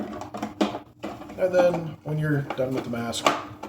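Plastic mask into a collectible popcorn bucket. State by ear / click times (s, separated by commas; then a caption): not seated / none. Someone talks while handling the plastic mask of a collectible popcorn bucket, with a brief sharp knock near 0.6 s and faint light taps at the very end. The mask is about to be pressed back into its slot on the bucket, but nothing has seated or clicked yet.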